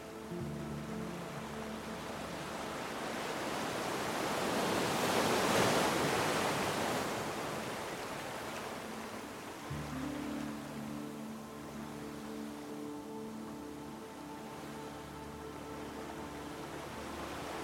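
Ocean waves wash steadily, swelling to a peak around six seconds, over sustained low melodic tones that shift to new notes near ten seconds.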